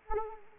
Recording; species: mosquito wingbeat signal from an infrared sensor; Anopheles arabiensis